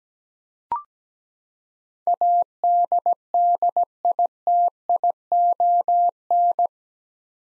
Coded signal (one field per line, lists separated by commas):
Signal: Morse code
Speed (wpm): 17 wpm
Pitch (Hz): 700 Hz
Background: none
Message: ADDITION